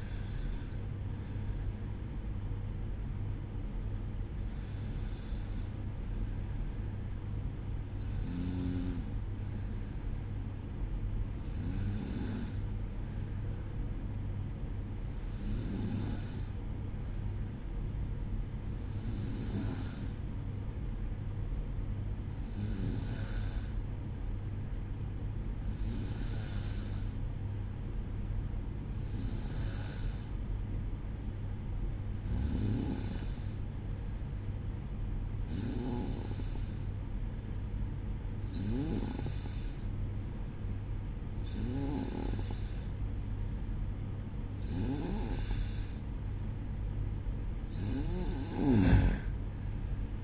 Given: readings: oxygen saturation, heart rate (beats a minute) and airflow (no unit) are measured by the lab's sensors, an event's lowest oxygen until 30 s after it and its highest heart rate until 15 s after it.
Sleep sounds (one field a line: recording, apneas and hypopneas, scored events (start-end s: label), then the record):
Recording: breathing in sleep by a smartphone at the bedside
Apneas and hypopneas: 1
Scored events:
3.00-30.60 s: hypopnea (N1, oxygen 96% highest, then 92% lowest, heart rate 59 at the start, 63 highest)
From the record:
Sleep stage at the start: N1 (lightest sleep)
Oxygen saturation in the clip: 93 to 96%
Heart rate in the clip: 58 to 63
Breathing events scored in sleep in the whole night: 305 in 9.6 hours asleep